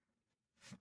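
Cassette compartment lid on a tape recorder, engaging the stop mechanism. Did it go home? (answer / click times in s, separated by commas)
no / none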